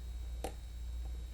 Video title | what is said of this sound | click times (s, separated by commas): How To DIY Fix Your Street Photography Camera - Sony RX1Rii Repair Video | that little click lets you know that it's already out um and you're good to go | 0.4 s